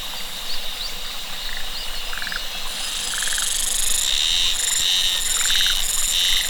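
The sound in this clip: Cicada: quiet buzzing with faint pulsed trills, then from about three seconds loud pulsed buzzing that continues to the end.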